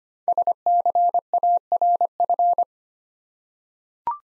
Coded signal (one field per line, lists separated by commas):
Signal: Morse code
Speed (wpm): 25 wpm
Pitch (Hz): 700 Hz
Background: none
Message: SCARF